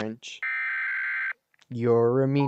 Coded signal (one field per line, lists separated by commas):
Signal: Emergency Alert System (SAME) tones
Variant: header bursts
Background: speech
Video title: Watching EAS Scenarios, again